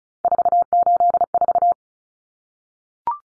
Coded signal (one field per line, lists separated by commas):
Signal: Morse code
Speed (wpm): 34 wpm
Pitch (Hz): 700 Hz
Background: none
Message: 484